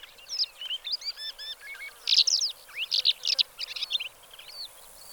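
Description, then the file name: Black lark song: a chattering string of high twittering notes and buzzy trills, varied in pitch, over a steady hiss. "suara black lark"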